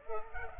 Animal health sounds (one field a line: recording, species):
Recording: mosquito wingbeat signal from an infrared sensor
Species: Culex pipiens